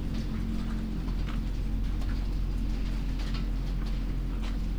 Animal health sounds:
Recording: poultry house recording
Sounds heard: sick chickens (respiratory disease)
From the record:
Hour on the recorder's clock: 20

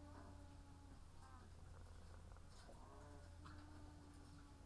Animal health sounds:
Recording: poultry house recording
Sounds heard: sick chickens (respiratory disease)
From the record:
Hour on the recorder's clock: 18

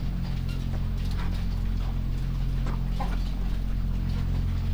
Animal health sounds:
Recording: poultry house recording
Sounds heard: sick chickens (respiratory disease)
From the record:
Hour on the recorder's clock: 23

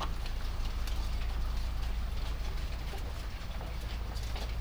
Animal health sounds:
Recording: poultry house recording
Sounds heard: sick chickens (respiratory disease)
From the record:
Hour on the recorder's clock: 1

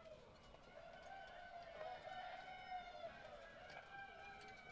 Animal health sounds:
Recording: poultry house recording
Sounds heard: healthy chickens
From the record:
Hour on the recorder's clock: 18

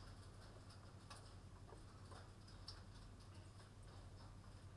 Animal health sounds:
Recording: poultry house recording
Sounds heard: no chicken sound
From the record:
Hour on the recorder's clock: 19

